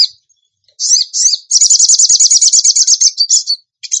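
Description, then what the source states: Bird singing a few slurred high notes that break into a rapid, steady rattling trill lasting about two seconds. Masteran training recording for songbirds, in the tembakan gacor song style.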